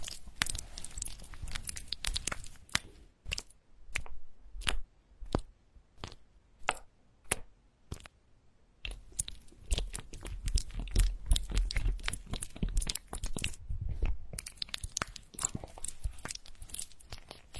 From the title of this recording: tapping the water flow, smearing and tearing massage